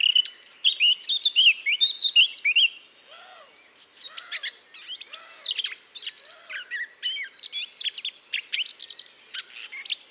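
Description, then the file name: Eurasian blackcap song: a rapid, scratchy warble for nearly three seconds, then softer mixed notes with repeated low, arched calls. "Sylvia atricapilla"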